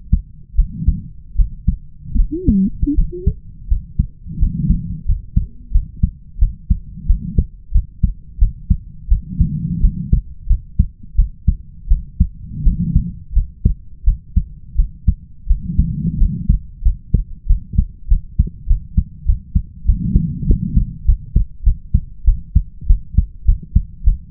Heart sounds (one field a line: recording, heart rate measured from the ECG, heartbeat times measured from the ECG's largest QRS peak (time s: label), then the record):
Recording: heart sounds by stethoscope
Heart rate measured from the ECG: 89 bpm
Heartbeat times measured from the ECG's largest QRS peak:
0.55 s: heartbeat
1.36 s: heartbeat
2.16 s: heartbeat
2.95 s: heartbeat
3.68 s: heartbeat
4.39 s: heartbeat
5.06 s: heartbeat
5.72 s: heartbeat
6.39 s: heartbeat
7.06 s: heartbeat
7.72 s: heartbeat
8.39 s: heartbeat
9.08 s: heartbeat
9.81 s: heartbeat
10.47 s: heartbeat
11.15 s: heartbeat
11.88 s: heartbeat
12.63 s: heartbeat
13.33 s: heartbeat
14.04 s: heartbeat
14.76 s: heartbeat
15.47 s: heartbeat
16.18 s: heartbeat
16.82 s: heartbeat
17.47 s: heartbeat
18.08 s: heartbeat
18.67 s: heartbeat
19.26 s: heartbeat
19.86 s: heartbeat
20.46 s: heartbeat
21.05 s: heartbeat
21.63 s: heartbeat
22.25 s: heartbeat
22.87 s: heartbeat
23.45 s: heartbeat
24.04 s: heartbeat
From the record:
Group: healthy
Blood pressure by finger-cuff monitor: 103/58 mmHg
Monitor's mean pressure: 72 mmHg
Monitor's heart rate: 88 bpm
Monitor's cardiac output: 7.5 L/min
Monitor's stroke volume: 85 mL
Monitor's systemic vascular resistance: 670 dyn s/cm5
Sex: female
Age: 22 years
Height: 157 cm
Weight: 47.6 kg